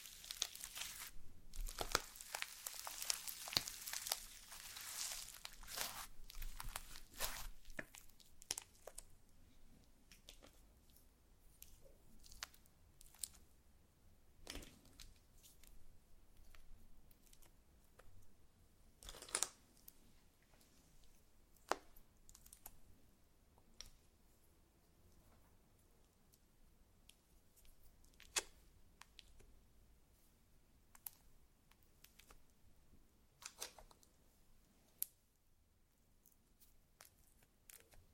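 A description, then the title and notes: Slime being squished and pressed, with sharp wet clicks and crinkles scattered irregularly, busiest during the first eight seconds. ASMR SLIME SATISFYING - NO TALKING.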